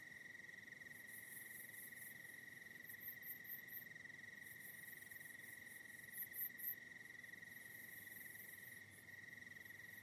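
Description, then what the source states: Unbroken high cricket trilling, accompanied by recurring short runs of very high, rapid insect pulsing. Night in the Hollywood Hills.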